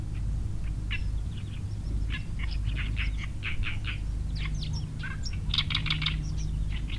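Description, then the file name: Oriental reed warbler giving a grating, chattering song of varied harsh notes and higher squeaks in quick bursts, low steady noise behind. Two birds singing; recorded at Changle, Fujian, China, on 5 May 2012. "Oriental Reed Warbler 2 birds Song 120505 Fujian Changle"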